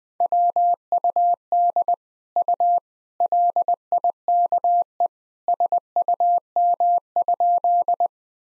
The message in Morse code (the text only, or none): WUD U LIKE SUM?